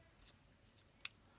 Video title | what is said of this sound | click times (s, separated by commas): TECH REVIEW: Our Ultimate Guide to the WiMiUS Action Camera - GoPro-Style-Camera - We Cover It All! | and it's got to have a click. You got to hear, when you hear the click, then you know it's installed, | 1.1 s